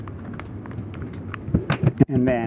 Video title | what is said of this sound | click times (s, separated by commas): Grins LiGo 10X Air Travel Battery, Installation and Usage Guide | Rotate each of the latches by 90 degrees until they click in their open position. | 0.1 s, 0.4 s, 1.3 s